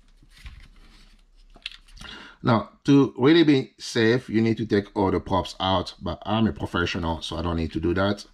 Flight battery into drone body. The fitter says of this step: battery in it's not going anywhere you should hear a small little click